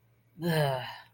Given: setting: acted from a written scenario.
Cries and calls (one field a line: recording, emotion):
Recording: vocal sound without words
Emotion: contempt